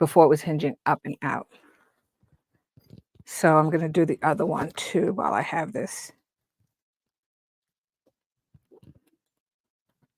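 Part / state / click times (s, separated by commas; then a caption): metal purse frame into bag lining channel / not seated / none. Someone talks while working the second arm of a metal purse frame into the fabric channel of a bag lining, closing the frame slightly to get it in. Only faint handling sounds are heard in the pauses, and the frame has not snapped into place yet.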